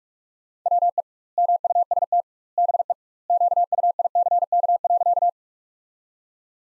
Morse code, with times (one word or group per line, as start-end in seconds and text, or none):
0.7-1.0 WE
1.4-2.2 MUST
2.6-2.9 BE
3.3-5.3 QUICK.